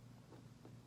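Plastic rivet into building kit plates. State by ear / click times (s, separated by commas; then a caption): not seated / none. A blue plastic rivet is handled for pushing through the holes of the plastic building plates of a Robotis OLLO robot kit, to join them while building a number. Only a steady low hum and faint soft handling rustles are heard over 0.9 seconds. Nothing has seated or clicked yet.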